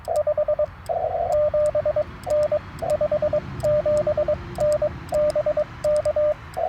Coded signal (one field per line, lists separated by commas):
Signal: Morse code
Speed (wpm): 22 wpm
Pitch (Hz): 600 Hz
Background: radio noise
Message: 57N 57N BK